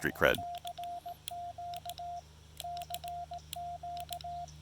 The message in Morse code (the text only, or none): <AR>Q CQ